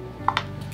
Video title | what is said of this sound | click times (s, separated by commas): DJI CrystalSky Is It Worth The Price of $699? Full Review | heard that click and this thing is back online right away | 0.3 s, 0.4 s